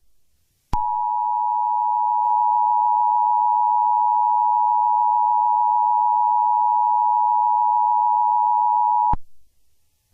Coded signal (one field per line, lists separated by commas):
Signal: Emergency Alert System (SAME) tones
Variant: 853 and 960 Hz attention tone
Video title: EAS Scenario 4: You Will Pay